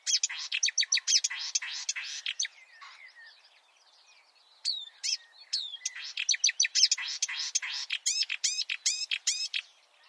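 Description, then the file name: Marsh warbler song, dense scratchy chatter and whistles, a brief quieter gap, then rapid varied phrases with looping whistled notes. "suara kicauan burung marsh warbler. omkicau"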